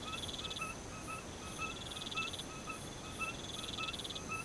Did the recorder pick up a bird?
no